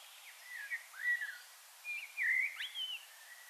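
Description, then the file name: Common blackbird giving two short bursts of fluted, warbling whistled phrases that sweep up and down, separated by a brief pause, over a steady background hiss. "Turdus merula"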